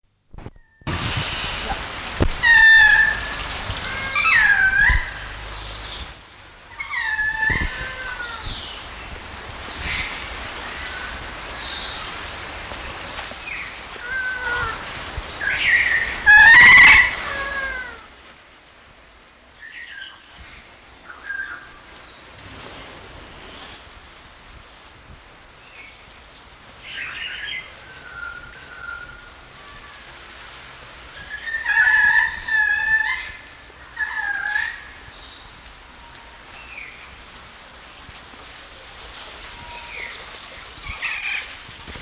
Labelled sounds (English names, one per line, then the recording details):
Kea call
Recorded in captivity
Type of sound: call
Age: adult
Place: Tiergarten Schönbrunn, Wien, AT
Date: 1999-11-09 17:29
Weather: bedeckt, ca. 6°C
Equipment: Sony WM-D6C, Sennheiser ME 80, Kopie Uher 4000 Report Monitor
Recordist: Tembrock, Günter
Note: Diverse Lautformen